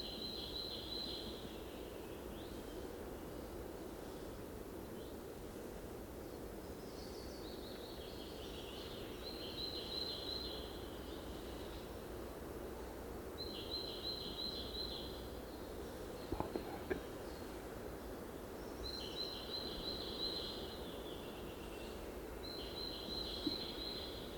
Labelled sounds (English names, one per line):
Eurasian Hobby call